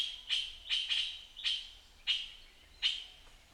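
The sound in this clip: Puff-throated bulbul giving several short, harsh notes at uneven intervals, two of them close together.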